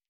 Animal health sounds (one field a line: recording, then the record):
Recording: hydrophone in a shrimp aquaculture tank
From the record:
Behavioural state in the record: starved